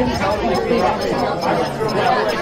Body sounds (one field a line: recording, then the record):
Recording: background sound without coughing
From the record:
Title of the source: Nightlife Party Simulating Party Club Noise 1 Hour